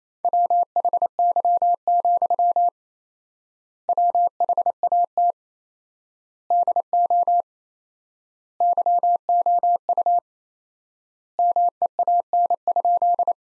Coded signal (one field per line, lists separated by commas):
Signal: Morse code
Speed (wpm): 28 wpm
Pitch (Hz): 700 Hz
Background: none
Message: WHY, WHAT DO YOU MEAN?